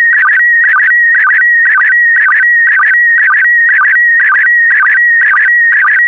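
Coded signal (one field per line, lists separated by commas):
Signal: SSTV (slow-scan television)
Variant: PD120 mode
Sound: warbling steady tone with short low chirps repeating about twice a second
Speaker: get ready starting transmission in 5 4 3 2 1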